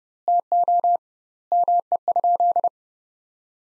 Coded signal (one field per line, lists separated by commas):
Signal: Morse code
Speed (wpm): 30 wpm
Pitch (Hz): 700 Hz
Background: none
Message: TO ME?